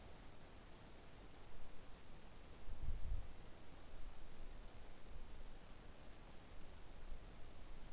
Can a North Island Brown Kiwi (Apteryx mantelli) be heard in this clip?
no